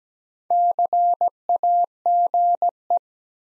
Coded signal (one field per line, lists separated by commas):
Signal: Morse code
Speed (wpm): 17 wpm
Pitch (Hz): 700 Hz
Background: none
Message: CAGE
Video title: Easy Words with Hints - 17wpm